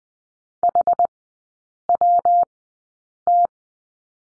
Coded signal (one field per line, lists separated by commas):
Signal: Morse code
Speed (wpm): 20 wpm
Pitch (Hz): 700 Hz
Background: none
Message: HWT